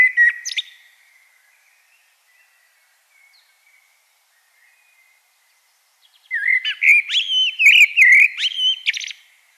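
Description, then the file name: Common blackbird song: the end of one phrase, then after a pause a warbled low whistled phrase ending in high squeaky twittering notes. "Turdus merula"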